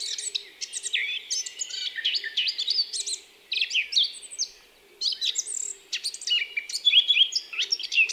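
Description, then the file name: Eurasian blackcap warbling in animated phrases of scratchy and whistled high notes, separated by two brief pauses. "Sylvia atricapilla"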